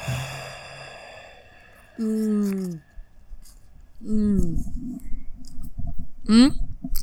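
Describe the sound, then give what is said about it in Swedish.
Someone bites into a chocolate mud-cake cupcake with pink frosting and chews, soft wet clicks of chewing interrupted by a few voiced, sighing hums of enjoyment, all fairly quiet with no clear words. “Jag ska bara ta ett bett av den här goda kladdkakemuffinscupcaken med rosa frösten.”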